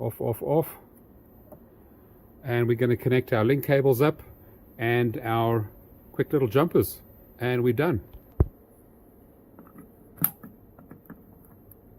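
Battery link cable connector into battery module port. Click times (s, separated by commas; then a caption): 10.2 s. A battery link cable connector is plugged into the port of a PYTES E-box 48100R lithium rack battery module, along with short jumper cables, for connection to a GROWATT off-grid inverter. Someone talks, then a sharp, loud snap at 10.2 s shows the connector seating, followed by a few faint clicks.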